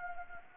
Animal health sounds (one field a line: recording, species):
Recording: mosquito wingbeat signal from an infrared sensor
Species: Anopheles gambiae